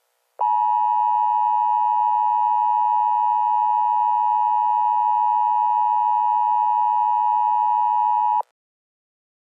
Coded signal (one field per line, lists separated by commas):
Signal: Emergency Alert System (SAME) tones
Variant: 853 and 960 Hz attention tone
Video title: EAS Scenario: Georgia Weather Disaster